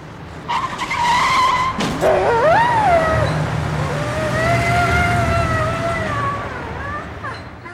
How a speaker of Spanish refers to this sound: Hoy intenté cruzar la calle por donde pasan los coches y uno me atropelló, aunque yo creo que estaba en un lugar seguro. No olvidaré la mirada de satisfacción del conductor, que torció su vehículo hacia mí con tal de darme